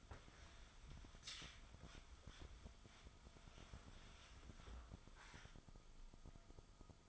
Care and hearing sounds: daily activity, microphone in the room; wipe stove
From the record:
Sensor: 5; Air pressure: 1004.9 hPa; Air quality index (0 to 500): 107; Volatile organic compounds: 2 ppm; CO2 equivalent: 1305 ppm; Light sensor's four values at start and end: 31/70/29/30 and 33/74/31/31

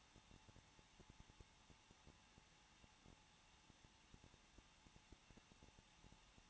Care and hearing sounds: daily activity, microphone in the room; no activity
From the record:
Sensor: 1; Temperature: 20.1 degrees Celsius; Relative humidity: 39.3%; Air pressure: 1006.4 hPa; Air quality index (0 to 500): 218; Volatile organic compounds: 80 ppm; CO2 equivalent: 3606 ppm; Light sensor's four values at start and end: 1/2/1/1 and 1/2/1/1

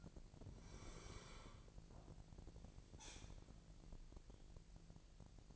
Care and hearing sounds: daily activity, microphone in the room; sit down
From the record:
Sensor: 5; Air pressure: 1002.0 hPa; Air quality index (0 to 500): 246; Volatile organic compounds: 30 ppm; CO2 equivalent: 2959 ppm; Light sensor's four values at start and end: 41/97/40/44 and 41/97/40/44

